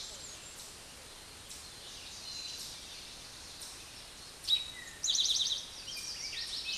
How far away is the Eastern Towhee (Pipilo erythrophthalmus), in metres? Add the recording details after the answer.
about 25 m. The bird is about 20 m above the microphone. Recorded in a Pennsylvania forest on 16 May 2024 at 09:31. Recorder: AudioMoth, point MSD-2058. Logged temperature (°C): 11.8 °C. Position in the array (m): 66 m, 8 m